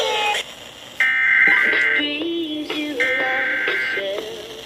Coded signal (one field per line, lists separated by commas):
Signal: Emergency Alert System (SAME) tones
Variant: header bursts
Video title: 2x FLWs (one with slight glitch) on WXJ84, WKWS & WVAF (2/4/22) EAS 574-579